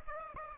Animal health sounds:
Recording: mosquito wingbeat signal from an infrared sensor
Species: Aedes aegypti

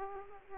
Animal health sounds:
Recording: mosquito wingbeat signal from an infrared sensor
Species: Culex quinquefasciatus

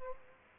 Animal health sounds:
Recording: mosquito wingbeat signal from an infrared sensor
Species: Aedes aegypti

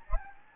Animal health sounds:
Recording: mosquito wingbeat signal from an infrared sensor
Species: Anopheles gambiae

